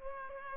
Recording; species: mosquito wingbeat signal from an infrared sensor; Culex pipiens